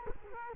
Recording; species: mosquito wingbeat signal from an infrared sensor; Culex quinquefasciatus